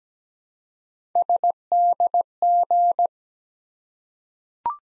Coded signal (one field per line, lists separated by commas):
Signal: Morse code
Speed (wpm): 17 wpm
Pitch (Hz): 700 Hz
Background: none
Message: SDG